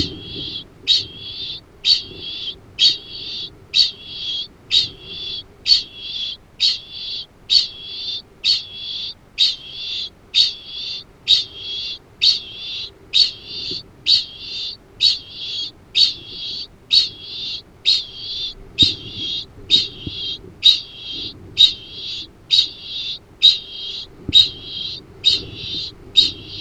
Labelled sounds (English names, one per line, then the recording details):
Kākāpō ching call
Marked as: faintness 2/5
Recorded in New Zealand
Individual Arab